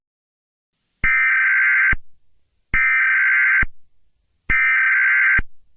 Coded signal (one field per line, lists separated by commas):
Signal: Emergency Alert System (SAME) tones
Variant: header bursts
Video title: EAS Scenario 9: Night of the Living Pharmacist